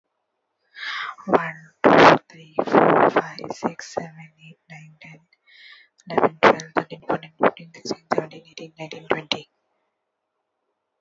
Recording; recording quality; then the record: counting at a normal pace; moderate, slight background noise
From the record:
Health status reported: healthy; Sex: female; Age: 30 years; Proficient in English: yes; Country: India